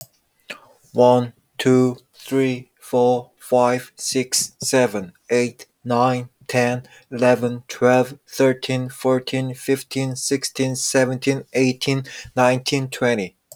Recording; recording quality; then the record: counting at a normal pace; excellent, no background noise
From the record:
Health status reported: exposed to COVID-19, no respiratory illness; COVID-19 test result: not tested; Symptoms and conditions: none ticked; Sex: male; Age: 26 years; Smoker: not ticked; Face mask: not worn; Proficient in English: yes